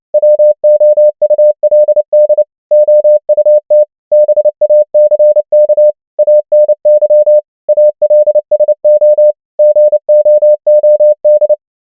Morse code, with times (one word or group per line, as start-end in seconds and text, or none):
0.1-2.4 WOULD
2.7-3.8 OUT
4.1-5.9 BACK
6.2-7.4 ANY
7.7-9.3 ALSO
9.6-11.5 GOOD